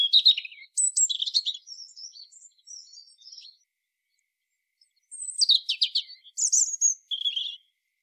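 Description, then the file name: European robin song: a fast jumble of high trills and thin whistles fading off, a silent gap, then another bright twittering phrase. "Erithacus rubecula"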